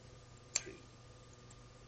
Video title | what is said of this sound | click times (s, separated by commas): Suturing Instruments Demonstration - Dr Sanjoy Sanyal | the ratchet has got three clicks depending on how much pressure you want to apply 1 2 3 so | 0.6 s, 1.5 s